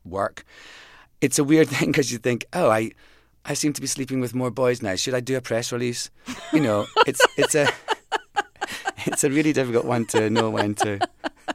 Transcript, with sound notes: it's a weird thing because you think, oh, I seem to be sleeping with more boys now. Should I do a press release?
(LAUGHTER)
You know, it's a really difficult one to know when